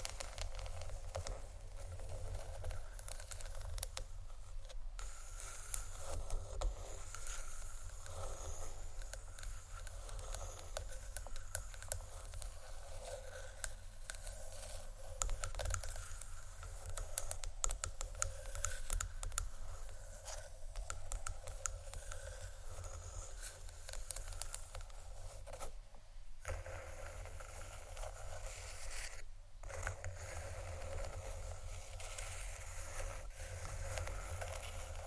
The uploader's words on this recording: ASMR Wooden Triggers（No Talking）.